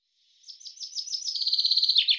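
Common chaffinch song, cut short: a quickening run of bright repeated notes gliding downward in pitch, ending abruptly mid-phrase.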